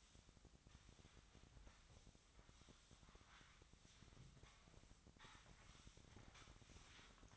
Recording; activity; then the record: daily activity, microphone in the room; sweep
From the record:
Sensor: 3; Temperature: 24.8 degrees Celsius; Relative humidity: 38.3%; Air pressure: 1003.1 hPa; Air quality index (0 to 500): 196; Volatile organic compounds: 6 ppm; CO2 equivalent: 1913 ppm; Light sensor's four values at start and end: 15/36/15/16 and 15/36/15/16